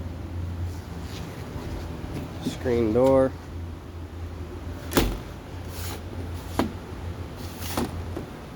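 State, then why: Not seated. Someone works the screen door panel on the entry door of a 2011 Jayco Jay Feather RV, with a brief spoken phrase around 3 seconds over a steady low hum. Sharp short knocks sound at about 5.0 s and 6.6 s as the panel is handled. Nothing has seated or clicked into place yet.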